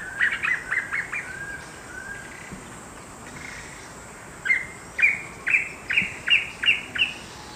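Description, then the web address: Black antbird duet: a quick stuttering run of notes, softer lower notes, then an evenly spaced series of sharp notes. Duet, eastern lowlands of South America. "Natures Songs S America Eastern Lowlands. Cercomacra serva, duet"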